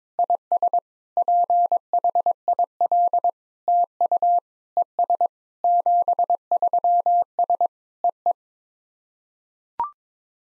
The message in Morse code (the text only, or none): IS PHIL TU ES 73S EE